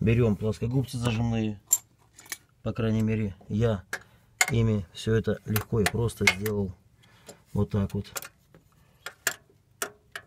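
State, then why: Seated. Someone talks while a latching band clamp on the rubber boot of a Citroën C4 steering rack is squeezed with pliers. Several short sharp clicks come near the end, and the clamp snaps shut and seats in place at 9.8 s.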